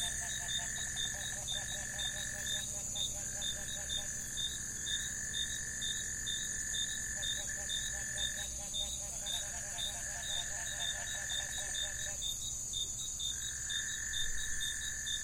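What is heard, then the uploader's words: Night chorus between lagoon and jungle: steady high insect whine, a rapid ticking call pulsing throughout, and long frog-like trills starting and stopping. At Night Between the Lagoon and the Jungle.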